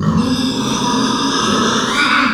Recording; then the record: squeal of a Yucatan mini pig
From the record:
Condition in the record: after surgery on the right vocal fold (resection and tissue-engineered implant); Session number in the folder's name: 14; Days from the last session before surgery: 133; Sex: female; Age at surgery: 19 weeks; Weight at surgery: 25 kg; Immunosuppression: prednisolone